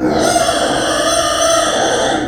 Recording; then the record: squeal of a Yucatan mini pig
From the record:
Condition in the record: before surgery on the right vocal fold (resection and tissue-engineered implant); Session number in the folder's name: 3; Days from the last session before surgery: 0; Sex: female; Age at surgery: 19 weeks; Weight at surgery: 25 kg